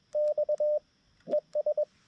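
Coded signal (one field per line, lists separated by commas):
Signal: Morse code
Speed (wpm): 21 wpm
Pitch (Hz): 590 Hz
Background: none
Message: X ES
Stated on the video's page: CW POTA park activation on 20m sent with a new BaMaTech TP-III key and Xiegu G90; propagation fantastic, operator uncomfortable with the new key.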